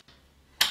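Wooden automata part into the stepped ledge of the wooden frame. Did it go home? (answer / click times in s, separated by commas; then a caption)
yes / 0.6 s. A wooden automata part is pushed onto the stepped ledge of its wooden frame so it hooks over the ledge. A faint sound at 0.1 s is followed by a sharp, bright snap at 0.6 s as the part catches. The part is seated on the ledge.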